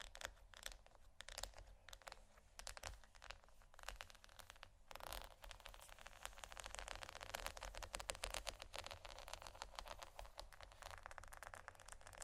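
Pearls are scratched and tapped in a dense, continuous stream of tiny crisp clicks and rubbing, with a steady low hum underneath.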